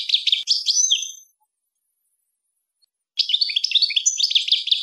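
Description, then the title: European goldfinch pouring out quick tinkling twitters and slurred whistles in two bursts with a two-second pause between. "Chant Chardonneret"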